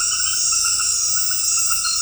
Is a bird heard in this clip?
no